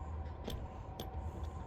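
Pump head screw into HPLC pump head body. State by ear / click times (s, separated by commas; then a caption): not seated / none. During a Knauer HPLC pump head rebuild, a pump head screw is pressed down into the pump head body with an Allen key against spring or seal compression to start the thread. Two brief ticks sound at about 0.5 and 1.0 seconds over a low steady hum. The thread does not catch, and nothing has seated or clicked yet.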